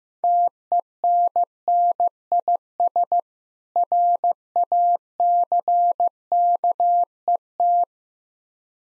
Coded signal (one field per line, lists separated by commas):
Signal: Morse code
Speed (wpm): 15 wpm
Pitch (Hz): 700 Hz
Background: none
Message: TENNIS RACKET